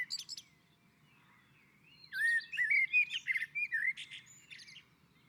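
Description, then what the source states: Common blackbird song: a short twitter, then after a pause a flowing series of mellow warbled notes capped by high squeaky twittering. On a roof.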